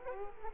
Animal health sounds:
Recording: mosquito wingbeat signal from an infrared sensor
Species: Culex quinquefasciatus

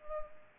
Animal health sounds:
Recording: mosquito wingbeat signal from an infrared sensor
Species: Culex pipiens

